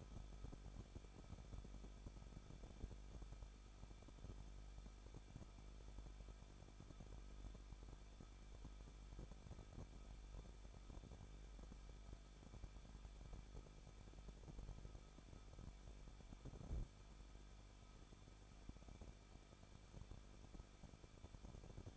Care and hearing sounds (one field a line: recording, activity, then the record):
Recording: daily activity, microphone in the room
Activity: no activity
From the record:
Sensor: 5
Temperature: 20.9 degrees Celsius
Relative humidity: 38.2%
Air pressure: 1006.4 hPa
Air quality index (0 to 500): 188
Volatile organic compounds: 18 ppm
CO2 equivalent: 2638 ppm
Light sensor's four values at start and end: 2/3/1/1 and 2/3/1/1